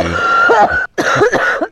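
Two short, harsh adult coughs separated by a brief pause; an ordinary incidental cough.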